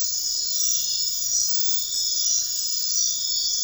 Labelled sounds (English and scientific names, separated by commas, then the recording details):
none
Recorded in dense forest near Puerto Asís, Putumayo, Colombia, on 18 February 2024 at 23:30
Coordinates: 0.500, -76.322
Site G6465